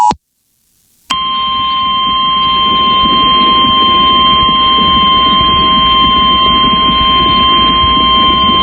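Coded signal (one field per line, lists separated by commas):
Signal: Emergency Alert System (SAME) tones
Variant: 853 and 960 Hz attention tone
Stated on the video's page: Flash flood warning in California, screen-recorded on an iPhone.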